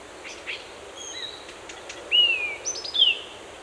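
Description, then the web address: A bird whistles: faint chirps first, then a loud, drawn-out slurred whistle and quick falling high notes, with steady soft background noise throughout. Forest birds. "صدا حیوانات Animals Sounds the Forest Birds"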